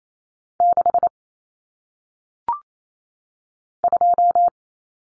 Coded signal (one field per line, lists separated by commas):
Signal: Morse code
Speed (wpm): 28 wpm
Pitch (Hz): 700 Hz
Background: none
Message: 6 2